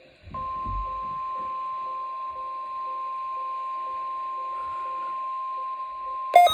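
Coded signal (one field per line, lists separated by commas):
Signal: Emergency Alert System (SAME) tones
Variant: 1050 Hz attention tone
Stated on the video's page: National Weather Service required weekly test.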